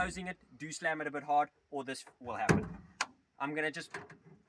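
Someone talks while handling the tailgate of a GWM P-series (Cannon) pickup truck, preparing to close it softly to show that its latch may not catch the load bed striker unless it is slammed. A couple of brief sharp knocks sound amid the talking, but nothing has seated or clicked yet when the clip ends.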